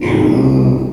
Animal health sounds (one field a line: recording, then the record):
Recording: squeal of a Yucatan mini pig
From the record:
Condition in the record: before surgery on the right vocal fold (resection and tissue-engineered implant)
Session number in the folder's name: 1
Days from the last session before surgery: -3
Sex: male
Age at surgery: 12 weeks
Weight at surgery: 13 kg